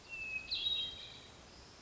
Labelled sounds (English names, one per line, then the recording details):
Hermit Thrush
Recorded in Sonoma County, California